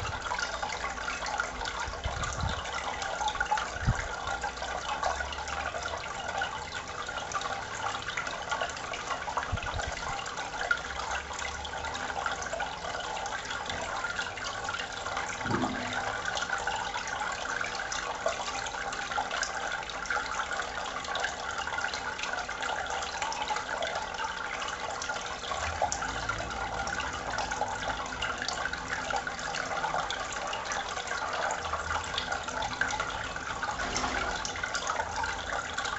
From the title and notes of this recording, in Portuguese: ÁGUA RELAXANTE - Sons naturais. Sons relaxantes de água.